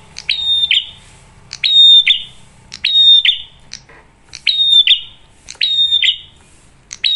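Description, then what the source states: Prinia phrases repeat roughly every second, each a quick run of very high ticks followed by a loud whistled note. Lively, clear-voiced prinia on an Indonesian masteran training recording, used as a lure to provoke other birds into singing.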